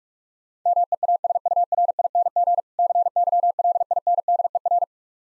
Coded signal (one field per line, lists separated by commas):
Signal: Morse code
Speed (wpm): 43 wpm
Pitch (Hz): 700 Hz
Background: none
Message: MEASURING CYLINDER